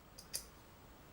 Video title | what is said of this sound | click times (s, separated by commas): Sanrenmu 7116SUE-GP-T7 Review | if you wish to stop the blade doing this you can use the little pin here click into place to stabilize it | 0.4 s